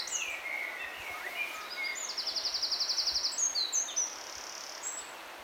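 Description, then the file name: Eurasian wren song: a few thin sliding notes, then a fast, even, high rattling trill lasting about a second, followed by short sharp chips. "Troglodytes troglodytes"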